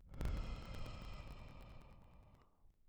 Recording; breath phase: one breath near a microphone; exhalation